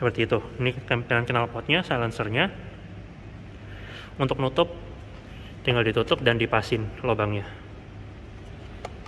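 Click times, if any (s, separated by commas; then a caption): 8.9 s. Someone talks while the plastic side cover over the toolkit compartment of a Kawasaki KLX 150 L motorcycle is closed with its holes lined up, then pressed on top. A short, sharp click sounds at 8.9 seconds as the cover snaps into place and locks.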